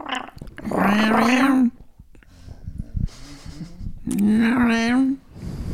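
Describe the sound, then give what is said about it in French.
A voice imitates a cat, giving two long, drawn-out meows with a slowly rising pitch, separated by a stretch of quieter murmuring and rustling. “Miaou.”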